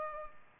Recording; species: mosquito wingbeat signal from an infrared sensor; Culex pipiens